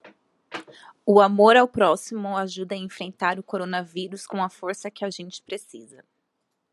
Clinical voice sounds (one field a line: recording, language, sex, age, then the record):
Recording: spoken sentence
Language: Brazilian Portuguese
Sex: female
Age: 20 to 29 years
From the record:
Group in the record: control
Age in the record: 29 years